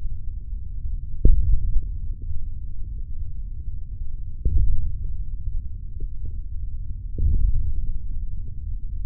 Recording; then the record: forearm muscle sounds (acoustic myography)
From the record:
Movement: hand opening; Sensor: system 3, bracelet of six PUI Audio POM-2738L microphones around the upper forearm, with dedicated amplification and filtering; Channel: 1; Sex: male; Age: 25 years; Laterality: right